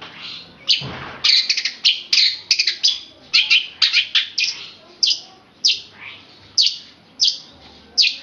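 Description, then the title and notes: Oriental magpie-robin singing a rapid run of clear whistles and chattering notes, then slower single downslurred whistles spaced about every second, with a soft thump near the start. Chirping. "Kicau Kacer. manukmanukan"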